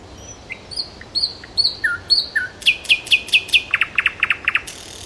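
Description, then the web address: Nightingale song of high piping whistles, then a rhythmic run of loud chock notes and a quicker rattling series. "soud solovejj"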